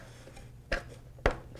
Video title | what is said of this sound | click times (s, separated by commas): HobbyZone Sportsman S+ Final Assembly Steps | snap in place and that's it the airplane is completely assembled and ready to fly | 1.3 s